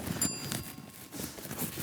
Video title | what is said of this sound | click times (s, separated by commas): Is this the BEST BUDGET LIGHTING KIT in 2022? Review of the ESDDI PS055 Softbox Kit 👍 | and it just you just push this bit in the middle and it just clicks into place okay so we've got two of those | 0.5 s